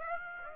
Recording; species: mosquito wingbeat signal from an infrared sensor; Aedes aegypti